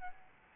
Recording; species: mosquito wingbeat signal from an infrared sensor; Aedes albopictus